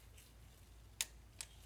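A torque wrench set to 108 inch-pounds tightens a throttle body bolt on a 2016 Honda Pilot during a fuel injector replacement for code P219B, a bank 2 air-fuel ratio imbalance. Over a low steady hum, a sharp click rings out at 1.0 s, followed by a quieter tick at 1.4 s. The wrench reaches its setting with the click at 1.0 s.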